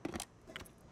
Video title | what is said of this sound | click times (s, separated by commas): Ninja Auto-iQ Pro Extractor Single-Serve Blender with Recipe Book on QVC | you hear that click did you hear it can you do it again click | 0.1 s, 0.6 s